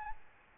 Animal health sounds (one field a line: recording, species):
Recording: mosquito wingbeat signal from an infrared sensor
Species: Aedes albopictus